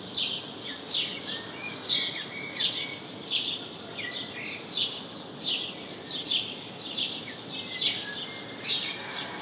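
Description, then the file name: House sparrow chirping, a long run of bright descending cheeps at an uneven pace. "Passer domesticus"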